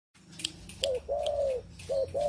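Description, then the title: Pigeon coos: a short note, a long arched coo, then two more short rounded notes, with faint high chirps in the background. "Canto Da Pomba"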